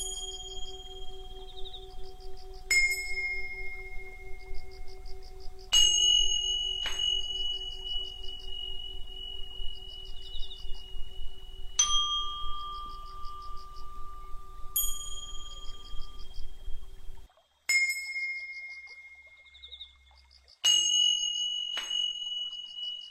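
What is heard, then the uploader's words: Chimes ring against Tibetan bowls, bright metallic strikes landing every few seconds, near 3, 6, 7, 12, 15, 18 and 21 seconds, each leaving a long shimmering ring. A low steady hum and a sustained tone underneath drop out around 17 seconds, leaving near silence before the next strikes. Meditate with the sound of chimes in Tibetan bowls.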